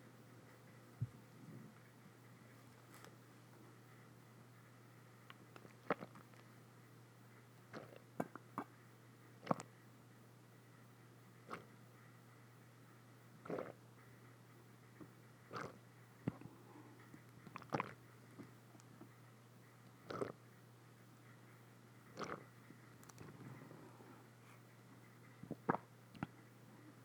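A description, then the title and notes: Drinking water sounds: short, crisp sips and wet clicks arrive irregularly, about every one to two seconds, some in quick pairs. A steady low hum runs underneath the whole time. Drinking Water Sounds.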